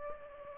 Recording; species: mosquito wingbeat signal from an infrared sensor; Aedes aegypti